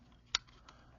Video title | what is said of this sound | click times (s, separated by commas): Figure Friday Motormaster | he should click in right there | 0.4 s